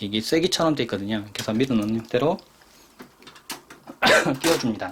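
A rear I/O shield, a metal plate with wedge-like tabs, is being handled at the rear opening of a PC case while someone talks, followed by a few faint taps between 3.0 and 3.7 seconds. Nothing has seated or clicked yet; the shield is not yet home.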